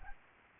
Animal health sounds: mosquito wingbeat signal from an infrared sensor; Anopheles gambiae

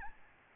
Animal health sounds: mosquito wingbeat signal from an infrared sensor; Aedes albopictus

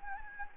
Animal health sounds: mosquito wingbeat signal from an infrared sensor; Anopheles gambiae

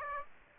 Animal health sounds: mosquito wingbeat signal from an infrared sensor; Aedes aegypti

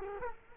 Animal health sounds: mosquito wingbeat signal from an infrared sensor; Culex quinquefasciatus

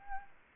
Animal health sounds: mosquito wingbeat signal from an infrared sensor; Aedes albopictus

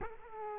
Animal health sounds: mosquito wingbeat signal from an infrared sensor; Culex quinquefasciatus

